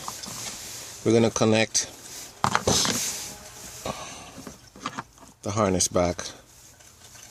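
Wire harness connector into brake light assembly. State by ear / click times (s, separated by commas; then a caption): not seated / none. A wire harness connector is handled at a Mercedes brake light assembly during a brake light upgrade kit install (parts 164-825-00-07 and 164-826-00-07) while someone talks. Sharp plastic handling taps are heard near 2.4 and 2.6 seconds, with softer rattles around 4.9 to 5.2 seconds. The connector has not yet been pushed home, and nothing has seated or clicked.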